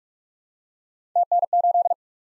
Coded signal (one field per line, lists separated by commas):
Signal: Morse code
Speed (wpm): 47 wpm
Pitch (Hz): 700 Hz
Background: none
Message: TN8